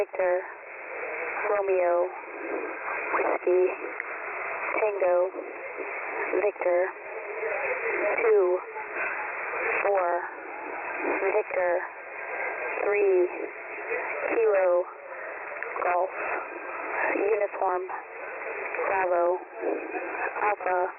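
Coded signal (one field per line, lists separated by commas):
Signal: coded military voice message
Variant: HFGCS Emergency Action Message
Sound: voice reading phonetic-alphabet letters and digits in a steady cadence over narrow radio audio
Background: radio static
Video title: HFGCS LIVESTREAM 240515H ※ SKYMASTER COMMENTARY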